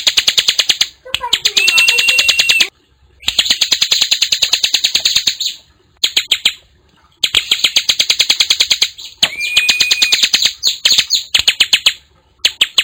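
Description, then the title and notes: Bar-winged prinia song: long rapid trains of sharp, high chips broken by short silences, with a thin steady whistle heard twice. Described as gacor, singing vigorously. "Kicau Ciblek. putri sherin. kumpulan suara burung ciblek gacor dan anakan"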